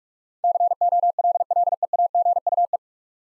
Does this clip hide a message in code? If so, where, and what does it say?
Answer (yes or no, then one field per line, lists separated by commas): yes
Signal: Morse code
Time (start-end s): 0.4-2.8 s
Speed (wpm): 42 wpm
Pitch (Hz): 700 Hz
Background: none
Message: COLLEAGUE